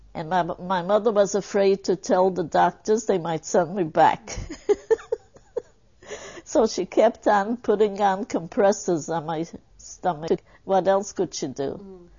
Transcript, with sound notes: and my mother was afraid to tell the doctors, they might send me back (she laughs) so she kept on putting hot compresses on my stomach, what else could she do?